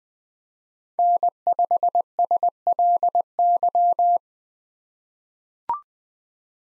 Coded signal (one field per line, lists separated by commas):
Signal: Morse code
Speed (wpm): 20 wpm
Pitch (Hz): 700 Hz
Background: none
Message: N5SLY